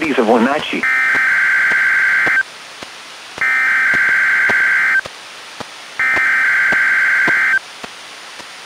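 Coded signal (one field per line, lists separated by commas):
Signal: Emergency Alert System (SAME) tones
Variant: header bursts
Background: speech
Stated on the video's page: NOAA Weather Radio Required Weekly Test relayed by an NWR station, recorded from a weather radio into an audio recorder.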